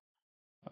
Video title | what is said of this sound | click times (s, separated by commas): Missing Link Sunstreaker Review | But basically, slide the legs down until you hear it snap. | 0.7 s